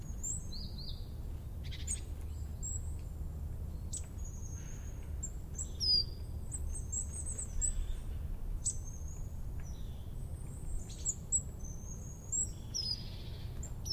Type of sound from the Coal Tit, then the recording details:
call. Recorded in the wild. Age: adult. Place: Goriner Forst, Barnim, Brandenburg, DE. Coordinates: 52.7019, 13.4931. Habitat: coniferous forest. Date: 2012-10-20 15:35. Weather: 20°C, sunny, almost windless. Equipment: Sound Devices 702, Sennheiser MKH 70, Rycote Windschutz. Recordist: Frommolt, Karl-Heinz